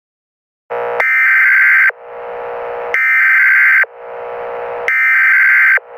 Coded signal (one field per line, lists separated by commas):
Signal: Emergency Alert System (SAME) tones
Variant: header bursts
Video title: EAS Scenario #10 - Meteor-X